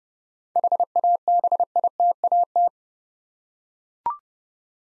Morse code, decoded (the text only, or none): HABITAT